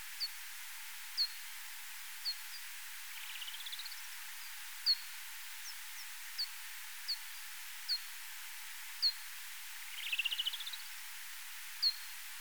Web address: Pipistrellus abramus